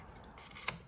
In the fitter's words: So, as you turn it, it clicks